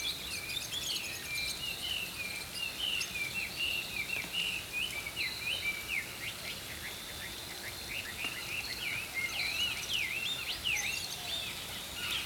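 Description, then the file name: Songbirds singing steadily in a softer chorus, strings of short upslurred and downslurred chirps repeating throughout, many birds layered over a constant hiss. Early morning. "Healing Power Natural Sounds Oasis - Early Morning Songbirds"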